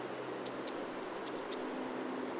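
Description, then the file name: Eurasian blue tit song given twice: high downslurred notes followed by a short trill of lower tinkling notes, repeated after a brief pause. "Cyanistes caeruleus"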